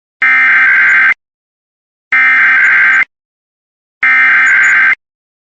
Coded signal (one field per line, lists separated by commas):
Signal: Emergency Alert System (SAME) tones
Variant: header bursts